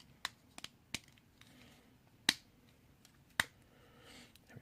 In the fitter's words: Everything just sort of pops into place.